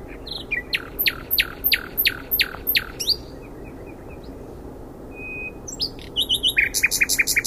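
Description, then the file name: Common nightingale song opening with loud, broad notes repeated evenly, then a pause, a thin sustained whistle, and a quick run of sharp repeated notes. "Luscinia megarhynchos"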